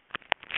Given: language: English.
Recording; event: throat vibration sensor signal played as sound; swallow